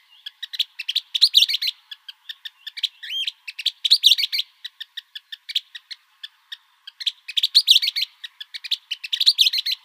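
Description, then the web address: Western kingbird gives quick clicking kip notes between several bursts of shrill, stuttering chatter, with a soft continuous hum in the background. Arizona. "Flycatchers WEKI"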